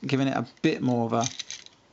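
Someone talks while handling a plastic body section of an oversize KO Fall of Cybertron Optimus Prime transforming toy robot, rotating it up into position in the torso. Faint plastic handling sounds follow the speech, with a small tick near 1.7 s. Nothing has seated or clicked yet.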